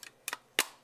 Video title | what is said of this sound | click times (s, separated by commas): WatchMaster IP Elite Setup and Assembly | it'll snap into place | 0.3 s, 0.6 s